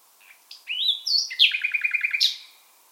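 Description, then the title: Common nightingale song phrase: a rising whistle, then a quick rattling run that ends in one sharp, higher note. African migrant species; bird singing in full voice. "LS REVISITED - NIGHTINGALE IN FULL VOICE"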